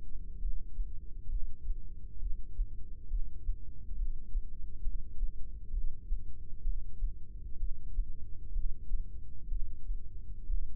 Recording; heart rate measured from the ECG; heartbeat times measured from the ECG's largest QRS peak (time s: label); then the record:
heart sounds by microphone in the right ear; 66 bpm
0.41 s: heartbeat
1.31 s: heartbeat
2.21 s: heartbeat
3.10 s: heartbeat
3.97 s: heartbeat
4.83 s: heartbeat
5.72 s: heartbeat
6.64 s: heartbeat
7.59 s: heartbeat
8.54 s: heartbeat
9.50 s: heartbeat
10.48 s: heartbeat
From the record:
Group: heart failure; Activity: rest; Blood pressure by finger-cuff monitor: 120/88 mmHg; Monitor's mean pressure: 101 mmHg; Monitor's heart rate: 64 bpm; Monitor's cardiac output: 5.7 L/min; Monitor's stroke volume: 89 mL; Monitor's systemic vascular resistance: 1280 dyn s/cm5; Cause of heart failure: idiopathic cardiomyopathy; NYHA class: 1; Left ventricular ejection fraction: 50%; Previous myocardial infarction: absent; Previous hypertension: absent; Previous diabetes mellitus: absent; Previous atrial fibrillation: absent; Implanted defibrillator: absent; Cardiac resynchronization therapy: absent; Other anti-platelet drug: absent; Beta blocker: bisoprolol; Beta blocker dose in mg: 5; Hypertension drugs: candesartan, spironolactone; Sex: male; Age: 54 years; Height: 180 cm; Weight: 94.6 kg